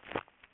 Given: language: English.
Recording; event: throat vibration sensor signal played as sound; swallow